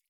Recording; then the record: hydrophone in a shrimp aquaculture tank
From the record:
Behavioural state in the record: feeding